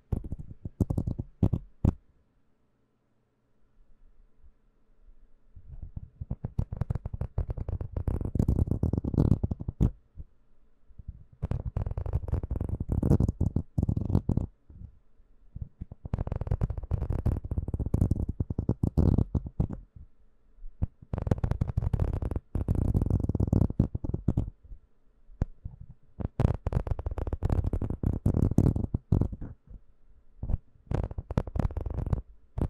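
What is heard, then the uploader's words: Dry hair brushing comes in dense scratchy bursts of several seconds each, separated by brief pauses, with faint soft handling noises between. Hands sounds and hair brushing and mouth sounds.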